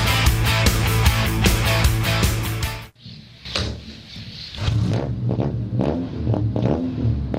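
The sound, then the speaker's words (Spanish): A few seconds of loud, rhythmic music cut off abruptly, followed by a Ford Sierra car engine revving in repeated surges, its pitch climbing and dipping, with a sharp clunk in between. “Hace 40 años salía a la venta uno de los modelos más codiciados de auto, estamos hablando, ¿no?”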